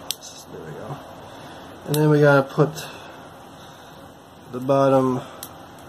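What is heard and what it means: The plastic bottom piece of a model EMU train car is handled, about to be pushed up into the body after a DCC install. Someone talks while there are faint handling sounds, including a brief sharp tap at 0.1 s. Nothing has seated or clicked yet.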